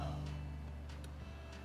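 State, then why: Not seated. A small steel snap ring is handled with snap ring pliers at its groove, where it will retain a bearing in a freshly cleaned, still-hot aluminium Triumph 650 motorcycle engine case. A steady low, tonal hum runs throughout, with only faint brief ticks of handling, one near 1.0 s. Nothing has seated or clicked yet.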